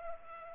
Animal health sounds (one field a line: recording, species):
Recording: mosquito wingbeat signal from an infrared sensor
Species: Culex pipiens